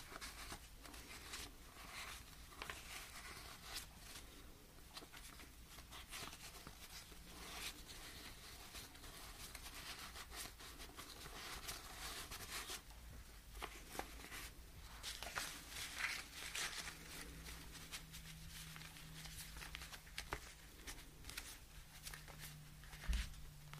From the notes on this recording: Cash sorting, counting, spreading